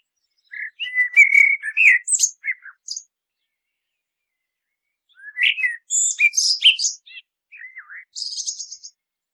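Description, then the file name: Common blackbird song, a short warbled phrase followed by a squeaky high twitter, a pause, then two more phrases ending in thin high notes; no other sounds. "Turdus merula"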